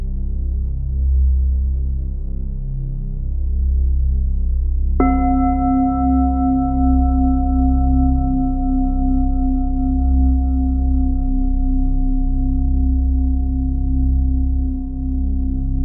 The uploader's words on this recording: Big Tibetan Singing Bowl Music For Healing & Meditation. Calming Tibetan Singing Bowl Music based on Solfeggio Frequency of 528Hz.